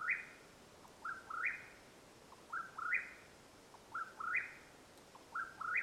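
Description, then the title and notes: Mexican whip-poor-will giving a steady run of stepped, rising whistled phrases, each starting with a faint short note, roughly every 1.4 seconds over quiet background. Call at nightfall in Madera Canyon, Arizona, 21 April 2022. "The call of the Mexican Whip-poor-will at nightfall in Madera Canyon, AZ. Recorded April, 21 2022."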